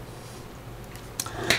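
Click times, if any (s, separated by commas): 1.2 s, 1.5 s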